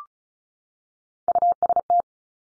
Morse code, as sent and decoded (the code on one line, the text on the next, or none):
..- ... -
UST